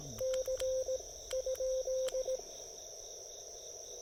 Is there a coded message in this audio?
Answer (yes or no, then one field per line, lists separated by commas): yes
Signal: Morse code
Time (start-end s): 0.2-2.4 s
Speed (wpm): 18 wpm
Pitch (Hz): 520 Hz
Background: none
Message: C ?